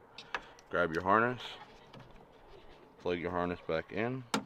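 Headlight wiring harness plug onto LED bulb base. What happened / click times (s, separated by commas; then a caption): Handled, not yet home: connector not yet clicked onto the bulb / none. A headlight wiring harness plug is handled and pushed back toward the base of a new LED bulb on a 2009-2018 Ram Rebel 1500 while someone talks. Brief faint taps are heard around 0.2, 0.4, 0.6 and 1.9 seconds. Nothing has seated or clicked yet when the clip ends.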